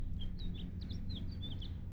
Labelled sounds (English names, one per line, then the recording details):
House Finch song
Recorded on Long Island, New York